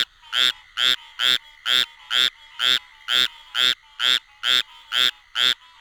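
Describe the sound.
Squirrel treefrog calling in a rapid, regular series of short raspy notes, roughly two per second, each note nasal and buzzy, against a quiet background.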